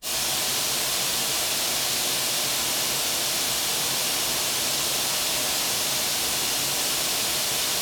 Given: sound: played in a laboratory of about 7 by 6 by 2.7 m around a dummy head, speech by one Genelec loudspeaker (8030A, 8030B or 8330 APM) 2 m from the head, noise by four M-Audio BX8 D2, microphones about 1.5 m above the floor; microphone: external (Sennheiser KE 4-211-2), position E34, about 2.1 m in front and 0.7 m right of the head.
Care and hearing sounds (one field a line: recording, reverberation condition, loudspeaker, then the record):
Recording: white noise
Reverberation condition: high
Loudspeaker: four, about 170 cm from the corners of the room and facing them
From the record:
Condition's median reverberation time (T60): about 1300 ms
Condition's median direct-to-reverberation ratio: about -4.0 dB